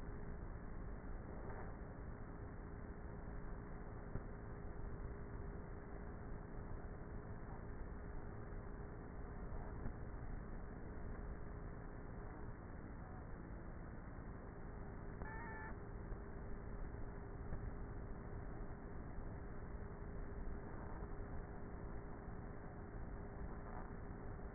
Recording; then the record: honeybee colony, microphone inside the hive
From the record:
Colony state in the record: queenless with a low population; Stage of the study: before two queens were removed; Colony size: about 30,000 bees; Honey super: no